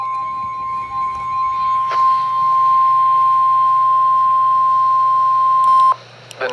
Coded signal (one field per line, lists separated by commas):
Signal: Emergency Alert System (SAME) tones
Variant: 1050 Hz attention tone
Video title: Severe Thunderstorm Warning (EAS #293) 3/5/22